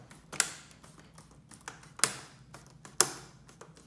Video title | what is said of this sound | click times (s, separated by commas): How to replace hard drive on any Dell computer. | he can as you guys can hear it like that click reset it's going into place so | 3.0 s